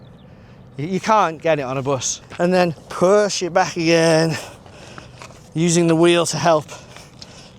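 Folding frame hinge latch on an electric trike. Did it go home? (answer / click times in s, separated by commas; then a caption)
yes / 7.2 s. Someone talks while the folding frame of a Meetone Breeze Pro electric trike is pushed back together, using the wheel to help, with short knocks and rattles from about 4.7 s. The metal frame hinge clicks back into place at 7.2 s, with its small safety latch, and the frame is seated.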